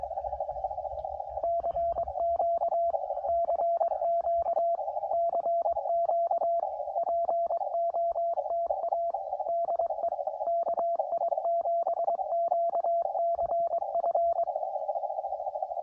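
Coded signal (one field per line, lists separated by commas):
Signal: Morse code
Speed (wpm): 23 wpm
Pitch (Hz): 680 Hz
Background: radio noise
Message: CQ CQ CQ POTA DE KI7QCF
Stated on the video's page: CW during a homebrew POTA activation, QRP Labs QMX radio, iambic paddle, QRP Guys antenna.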